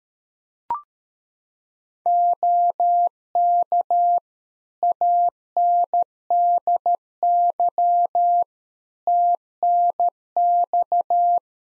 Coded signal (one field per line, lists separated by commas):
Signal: Morse code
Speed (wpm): 13 wpm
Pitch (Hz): 700 Hz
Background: none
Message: OK ANDY TNX